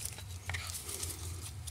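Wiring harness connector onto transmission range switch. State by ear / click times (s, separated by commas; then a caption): not seated / none. A wiring harness connector is handled as it is pushed back onto a new transmission range switch on a 2005 Honda Accord V6, replaced to fix an intermittent no-start. Light scraping and brief sharp plastic ticks sit over a steady low hum. Nothing has seated or clicked yet.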